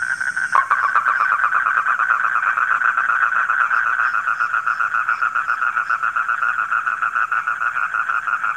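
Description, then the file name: Frogs calling together, a sudden click followed by a thick, unbroken wall of quick pulsing croaks that holds steady to the end. Frogs calling at night. "suara kodok di malam hari"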